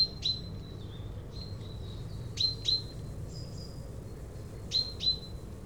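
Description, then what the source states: Common Chaffinch, a few pairs of bright, abrupt call notes with brief gaps, over a low rumbling background. Recorded with a Dodotronic stereo parabolic microphone and Zoom H4n Pro, aimed at a chaffinch on a hedgerow island among tall maize fields in Yenne, France.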